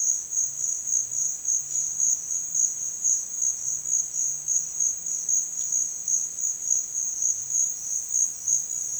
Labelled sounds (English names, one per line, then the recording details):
none
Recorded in dense forest near Puerto Asís, Putumayo, Colombia, on 25 June 2025 at 11:00
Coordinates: 0.468, -76.322
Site GP03